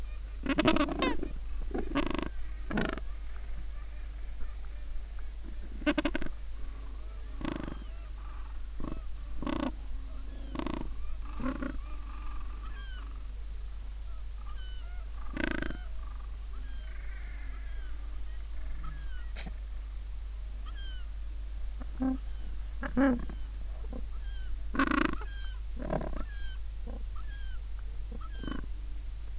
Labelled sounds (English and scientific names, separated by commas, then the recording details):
Gentoo Penguin (Pygoscelis papua)
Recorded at the colony at Booth Island, Antarctica, on 21 December 2014
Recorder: Song Meter SM2+